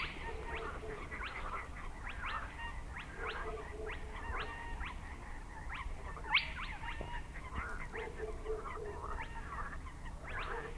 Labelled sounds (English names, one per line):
Spotted Crake